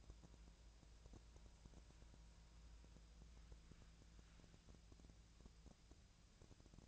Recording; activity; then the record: daily activity, microphone in the room; wipe stove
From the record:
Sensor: 2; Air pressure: 1000.4 hPa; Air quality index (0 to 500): 175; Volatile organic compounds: 3 ppm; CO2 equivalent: 1448 ppm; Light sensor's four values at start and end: 10/24/10/11 and 10/24/10/11